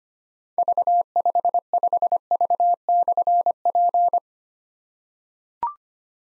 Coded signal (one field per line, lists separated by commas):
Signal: Morse code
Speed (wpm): 25 wpm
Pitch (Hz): 700 Hz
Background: none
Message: V55V/P